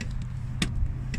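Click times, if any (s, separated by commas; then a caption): 0.6 s. The rear seat back of a 2001 Mitsubishi Pajero SUV is brought back upright until its latch engages in the seat frame catch, with a sharp, bright click at 0.6 s as the seat back locks into place. A steady low hum runs underneath, with a few fainter ticks near the start and a softer one at about 1.1 s.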